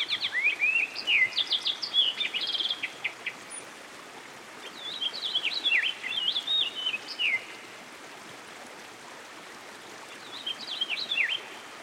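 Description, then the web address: American goldfinch song: bursts of high twittering, warbled and slurred notes in three rambling phrases separated by pauses, over a steady hiss. Singing beside a stream. "Dan Gibson Songbirds By The Stream. American Goldfinch"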